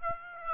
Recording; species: mosquito wingbeat signal from an infrared sensor; Aedes aegypti